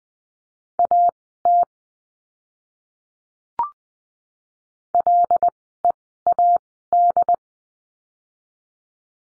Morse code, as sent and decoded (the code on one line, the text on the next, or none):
.- - / .-.. . .- -..
AT LEAD